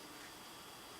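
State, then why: Not seated. A display power handle is being plugged into the bottom of a radar gun. Low, steady background hiss fills most of the clip, and a sudden loud broadband sound starts right at the very end, around 1.0 s. The handle has not seated or clicked into place yet.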